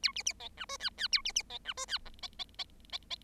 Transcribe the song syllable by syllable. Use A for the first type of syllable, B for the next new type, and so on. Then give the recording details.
A B B C D E F F A B B C D E F G C C C C C. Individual Bird7